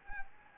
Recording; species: mosquito wingbeat signal from an infrared sensor; Anopheles gambiae